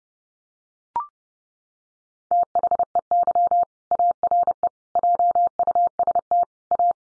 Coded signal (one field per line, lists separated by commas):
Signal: Morse code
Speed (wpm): 30 wpm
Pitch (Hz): 700 Hz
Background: none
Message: THEY ARE JUST A